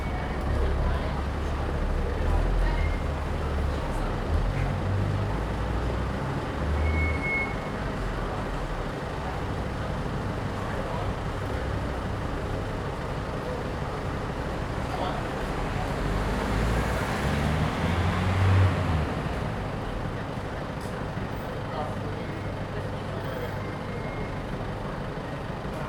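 Street ambience on the pavement outside a small bar in a narrow street: a steady low rumble of traffic runs throughout, with faint murmurs of voices mixed in. Around sixteen to nineteen seconds a vehicle passes, its hiss swelling and then fading.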